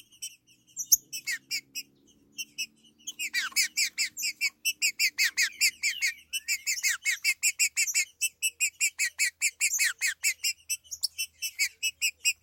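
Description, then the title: Green-winged saltator song starting with scattered chirps, then a fast, steady series of bright repeated notes, about two or three per second, continuing to the end. "Trinca Ferro"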